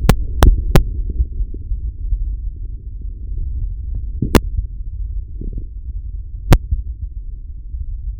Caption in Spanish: Auscultación cardiaca del paciente en la que se escucha una marcada bradicardia con ritmo irregular y momentos de pausa prolongada.